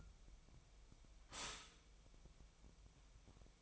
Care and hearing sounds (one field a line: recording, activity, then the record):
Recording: daily activity, microphone in the room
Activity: stop toaster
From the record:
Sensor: 1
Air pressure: 1002.0 hPa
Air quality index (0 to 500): 239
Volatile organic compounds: 43 ppm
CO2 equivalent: 3201 ppm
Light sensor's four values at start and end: 10/36/13/15 and 11/36/13/15